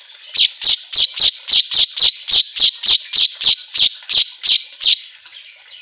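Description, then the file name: Asian golden weaver chatter: harsh, scratchy notes repeated rapidly and fairly evenly, about three or four each second, then a brief pause. Made for training songbirds; 'auto gacor' style to set caged birds singing. "Suara Kicau Manyar Kepala Emas Auto Gacor"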